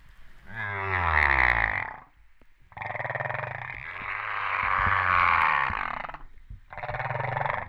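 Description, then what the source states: Humpback whale song: a long harmonic moan with wavering overtones, a longer buzzy rasping tone, then a shorter harmonic burst. Recorded off Réunion on 13 September 2011, about 08:35.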